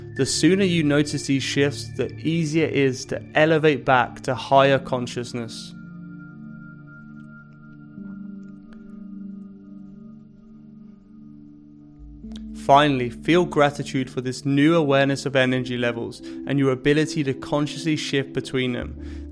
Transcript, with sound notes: The sooner you notice these shifts, the easier it is to elevate back to higher consciousness. [Pause 10 seconds] Finally, feel gratitude for this new awareness of energy levels and your ability to consciously shift between them.